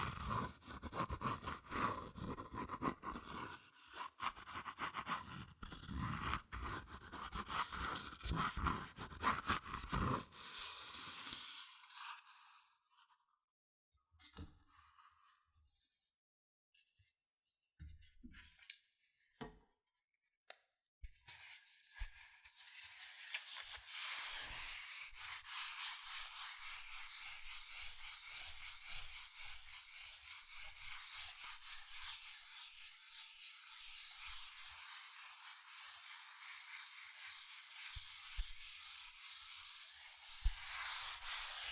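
Fast tapping and scratching on cardboard and paper fill the first ten seconds with dense, rapid strokes. A near-silent stretch follows with only scattered taps, then from about 22 seconds a steady, bright scratching or tracing sound continues to the end.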